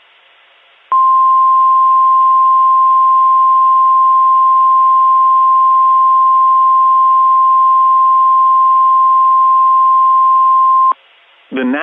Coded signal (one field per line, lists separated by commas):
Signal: Emergency Alert System (SAME) tones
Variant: 1050 Hz attention tone